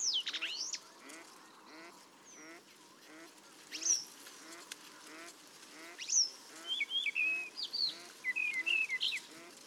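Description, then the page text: Paddyfield warbler song: scattered high squeaks and slurred notes, then a burst of quick twittering phrases near the end, over a soft, low, rhythmic ticking in the background. "Patrick Franke - Индийская камышевка (Acrocephalus agricola)"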